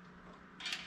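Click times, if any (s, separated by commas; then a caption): none. A pick works the plastic tabs of a headlight adjuster screw clip on a 1977–1993 Dodge, pushing them out to the side to fit the clip into the headlight mounting bracket; the clip is of poor quality and has to be made to work. A low steady hum and faint handling noise run under the clip until a louder, bright scraping rattle rises from about 0.6 s and peaks near 0.7 s. The clip is handled but not yet home, and nothing has seated or clicked yet.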